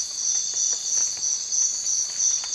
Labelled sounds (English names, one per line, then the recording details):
none
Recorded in secondary vegetation near Puerto Asís, Putumayo, Colombia, on 30 June 2025 at 04:30
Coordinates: 0.499, -76.323
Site G077